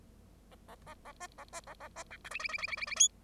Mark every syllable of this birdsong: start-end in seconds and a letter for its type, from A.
0.51-0.56 A, 0.68-0.75 A, 0.86-0.94 A, 1.05-1.12 A, 1.20-1.27 B, 1.38-1.44 A, 1.53-1.60 B, 1.67-1.74 A, 1.80-1.88 A, 1.96-2.03 B, 2.10-2.17 C, 2.24-2.29 D, 2.31-2.39 E, 2.39-2.48 E, 2.48-2.58 E, 2.58-2.67 E, 2.67-2.77 E, 2.77-2.86 E, 2.86-2.96 E, 2.96-3.08 F